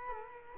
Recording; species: mosquito wingbeat signal from an infrared sensor; Culex quinquefasciatus